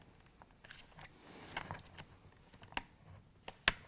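A plastic pointer retainer clip with two downward fingers is slid into its channels on either side of the lens on a Corvette C5 (1997–2004) automatic shifter indicator and pushed down evenly. Light plastic ticks and scrapes build up before one sharp, loud snap at 3.7 s as the retainer seats into place.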